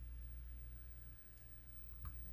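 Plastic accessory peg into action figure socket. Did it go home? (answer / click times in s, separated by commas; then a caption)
yes / 2.1 s. A plastic accessory peg on a 6-inch Star Wars The Black Series Luke Skywalker (Bespin Fatigues) TESB 40th action figure is pushed into its socket, a tricky fit to pop into place. Over a steady low hum, a single soft, short hit at 2.1 s marks the part plugging into place, and it is seated.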